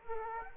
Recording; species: mosquito wingbeat signal from an infrared sensor; Aedes aegypti